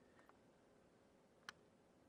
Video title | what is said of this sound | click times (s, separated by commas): Xenon-Vision Bi-Xenon HID Install | that uh snaps into place | 1.5 s